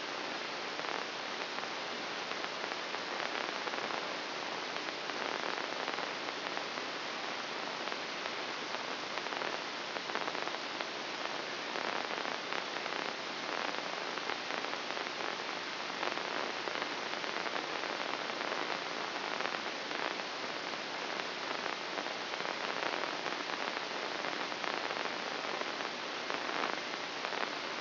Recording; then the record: brain microelectrode recording played as sound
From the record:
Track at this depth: inside the subthalamic nucleus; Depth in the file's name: 4.11 mm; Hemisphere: left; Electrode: 2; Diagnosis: Parkinson's disease